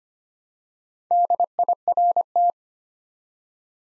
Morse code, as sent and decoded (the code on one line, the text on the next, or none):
-.. .. .-. -
DIRT